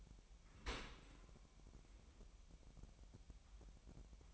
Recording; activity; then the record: daily activity, microphone in the room; open dishwasher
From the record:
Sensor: 1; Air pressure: 998.2 hPa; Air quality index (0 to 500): 140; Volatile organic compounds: 4 ppm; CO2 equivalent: 1670 ppm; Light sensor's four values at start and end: 16/54/22/22 and 16/54/22/22